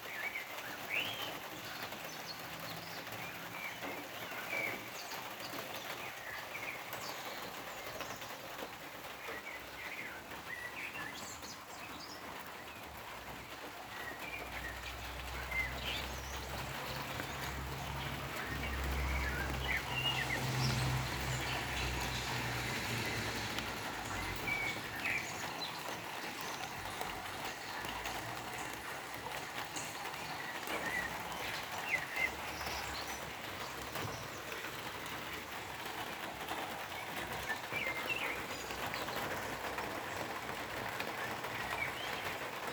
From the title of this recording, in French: Pluie sur la cabane